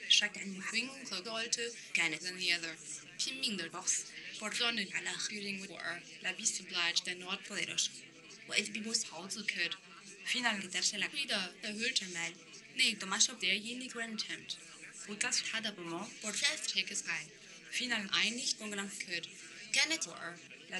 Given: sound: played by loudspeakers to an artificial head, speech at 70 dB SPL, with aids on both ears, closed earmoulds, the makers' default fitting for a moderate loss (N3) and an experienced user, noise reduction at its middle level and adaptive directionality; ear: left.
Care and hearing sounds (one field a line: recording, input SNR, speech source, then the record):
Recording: speech test signal (ISTS) in cocktail-party noise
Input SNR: +9 dB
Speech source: in front (0 degrees)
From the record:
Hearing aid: class 1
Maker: J